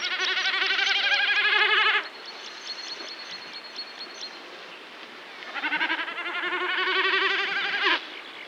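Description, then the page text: Common snipe drumming in two bursts, each a rapid, throbbing, bleat-like tremolo lasting two to three seconds, with a quiet gap between. "Common Snipe Drum. Quick Sounds"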